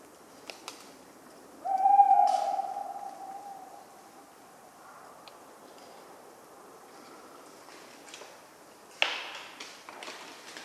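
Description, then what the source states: Tawny owl giving a single drawn-out hoot of about two seconds, followed by a faint higher tone, with scattered sharp clicks and a loud knock near the end. Talkative tawny owl on a cold autumn night, 11 November 1995, Ménigoute, France; acorns falling regularly.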